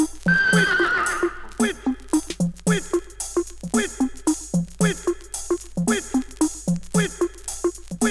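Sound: horse neighing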